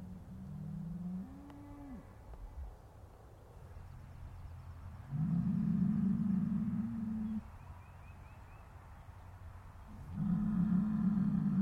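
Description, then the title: Cow lowing: three long, deep moos separated by pauses, the last one cut off. "Harmony in Hooves: Decoding the Rhythms of Cow Conversations"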